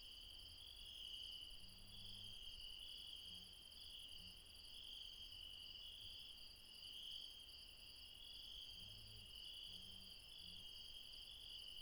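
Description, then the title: Insects in a continuous high trilling chorus, several layered bands pulsing steadily, with brief faint low sounds at intervals. Late night, mountains, Refuge Krevatia near Dion, Greece. "Refuge Krevatia, Μπαρμπαλά, Dion 601 00, Greece - Late night mountain insects"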